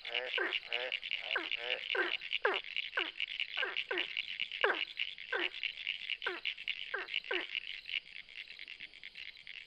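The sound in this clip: Ornate burrowing frog calls: short, downward-sweeping notes repeated quickly, then spacing out and stopping, over a steady high-pitched trilling.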